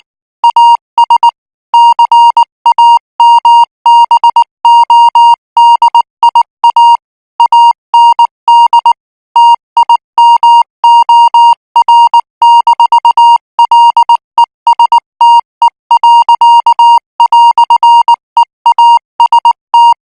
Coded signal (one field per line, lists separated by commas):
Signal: Morse code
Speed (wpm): 19 wpm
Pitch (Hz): 940 Hz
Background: music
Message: AS CAMBODIA AND TIMOR-LESTE."EAST